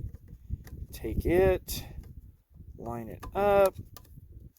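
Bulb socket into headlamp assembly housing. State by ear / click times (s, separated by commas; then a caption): not seated / none. Someone talks while lining up the bulb socket on the lugs of the new headlamp assembly housing of a 2000 Excursion headlight/turn signal light, getting ready to twist-lock it in. Only faint handling ticks are heard under the voice. Nothing has seated or clicked yet.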